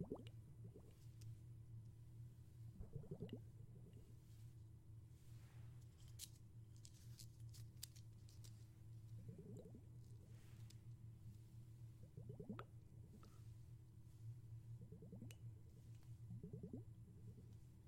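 Underwater sounds with a steady low hum running throughout. Every few seconds a deep gurgling swell of bubbles rises and fades, and small bright ticks and clicks scatter through the middle of the recording, with soft squishy liquid movement underneath.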